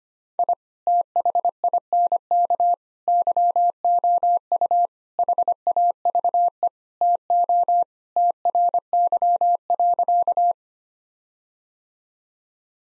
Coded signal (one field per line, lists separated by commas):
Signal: Morse code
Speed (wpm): 25 wpm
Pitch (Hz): 700 Hz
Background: none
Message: I THINK YOU HAVE TO TRY.